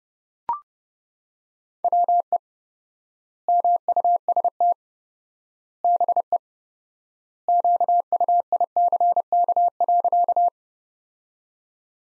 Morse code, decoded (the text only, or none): WE MUST BE QUICK.